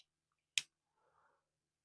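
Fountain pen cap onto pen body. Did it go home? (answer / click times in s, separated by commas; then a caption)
yes / 0.6 s. A silver metal fountain pen with a fine nib is closed by pushing its cap onto the pen body. A single sharp click is heard at 0.6 s, followed by a few faint, soft sounds. The cap is seated shut.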